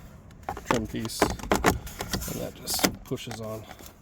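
Someone talks while a plastic mirror trim cover is handled against the interior door panel of a 2015-2020 F-150 truck after the heated mirror is reconnected. Only light taps and rustling handling noises are heard. The trim is meant to push on, but nothing has seated or clicked yet.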